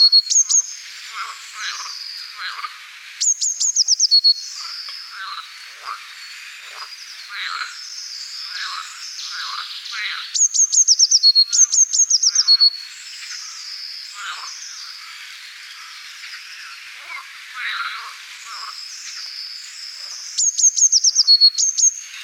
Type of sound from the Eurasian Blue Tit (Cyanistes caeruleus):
song